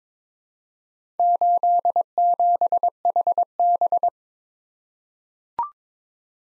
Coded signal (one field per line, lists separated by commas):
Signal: Morse code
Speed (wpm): 22 wpm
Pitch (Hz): 700 Hz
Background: none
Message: 87HB